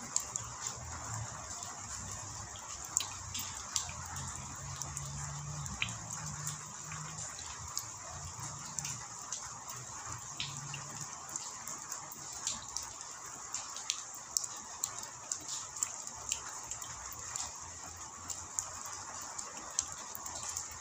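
Genuine rain falls steadily throughout, a dense even hiss with a bright high edge. Sharp individual drips and taps land irregularly over it, several each second. A low hum wavers underneath during the first half and fades out after about eleven seconds.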